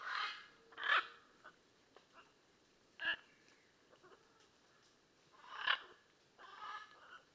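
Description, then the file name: Blue-and-yellow macaw giving harsh, broken squawks spaced irregularly, with a few faint notes between the calls. "Blue and yellow Macaw Ara ararauna"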